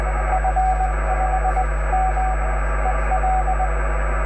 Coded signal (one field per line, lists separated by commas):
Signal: Morse code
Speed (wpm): 20 wpm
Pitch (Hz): 750 Hz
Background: radio noise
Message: F5MEL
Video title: RADIOAFICION EN URUGUAY CX1SI GEO 5/5/2013 TARDE DE RADIO EN 12 METROS CW